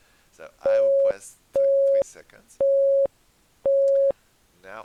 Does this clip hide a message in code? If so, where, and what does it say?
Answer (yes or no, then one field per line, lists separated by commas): no